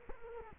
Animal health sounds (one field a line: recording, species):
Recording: mosquito wingbeat signal from an infrared sensor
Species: Culex quinquefasciatus